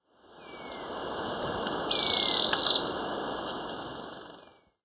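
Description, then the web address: Ecuadorian tyrannulet gives one brief, high-pitched chattering trill over a continuous buzzing insect chorus, while another bird adds thin falling whistles. "Birds of Ecuador 3-12 Ecuadorian Tyrannulet"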